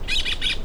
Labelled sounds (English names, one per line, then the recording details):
Brown-throated Parakeet contact call
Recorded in La Tortuga
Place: Isla La Tortuga
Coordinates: 10.925, -65.258